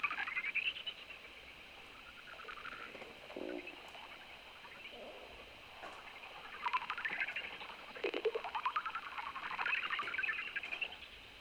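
Greater horseshoe bat calls: rapid trains of ticking pulses forming rising and falling sweeps, in bursts separated by quieter gaps.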